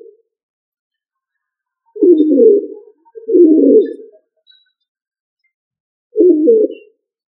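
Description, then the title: Pigeon cooing: three low coo phrases, each under a second, the first two close together and a long silent gap before the third. "Familia ColumbidaePomba"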